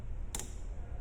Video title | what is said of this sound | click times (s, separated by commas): Basic Roof Truss | Okay, until you hear the click sound. | 0.3 s